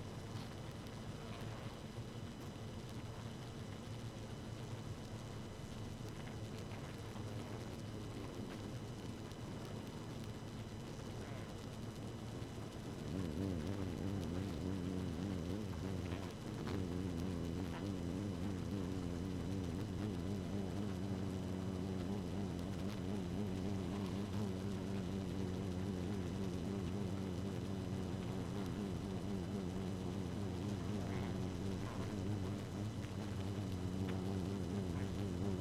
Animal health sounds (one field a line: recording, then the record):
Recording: honeybee colony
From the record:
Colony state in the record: active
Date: 12 June 2018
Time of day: 0:11